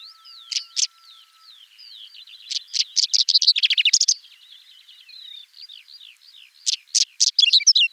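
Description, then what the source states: Whinchat singing in short, energetic phrases of rapid scratchy and buzzy notes mixed with brief whistles, repeated several times with softer twittering between. Recorded at Raisting on 1 May 2014.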